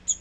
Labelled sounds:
Magnolia Warbler flight call

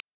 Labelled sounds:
Black-throated Blue Warbler flight call

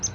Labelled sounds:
Palm Warbler flight call

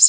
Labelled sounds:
Connecticut Warbler flight call

